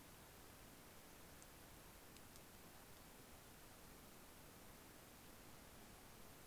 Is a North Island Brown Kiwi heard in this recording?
no